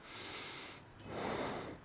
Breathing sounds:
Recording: one breath in and out by a microphone near the nose and mouth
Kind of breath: normal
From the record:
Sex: male

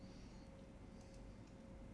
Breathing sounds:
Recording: one breath in and out by a microphone near the nose and mouth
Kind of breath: normal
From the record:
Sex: male

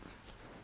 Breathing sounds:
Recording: one breath in and out by a microphone near the nose and mouth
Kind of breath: strong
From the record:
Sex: male

